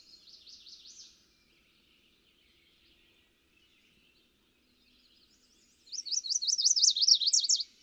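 Chestnut-sided warbler song: a brief faint burst of high notes, then after a quiet gap a loud series of rapid, high, zigzagging slurred notes.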